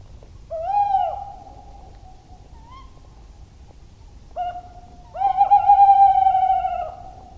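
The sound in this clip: Tawny owl's hooting phrase: an opening drawn-out 'hoo', a soft note, a pause, a short note, then a long wavering, tremulous hoot, against quiet low background noise.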